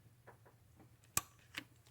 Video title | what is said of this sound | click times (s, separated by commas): How To Install A Hemi Intake Manifold Part 1 | connector just push it in we're going to listen for a click right | 1.2 s